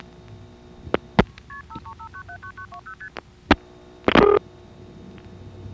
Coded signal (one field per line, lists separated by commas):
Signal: multi-frequency trunk signalling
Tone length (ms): 90 ms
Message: KP535979920ST